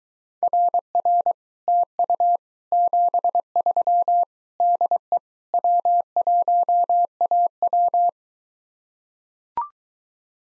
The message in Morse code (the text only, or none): RR TU 73 DE W1AW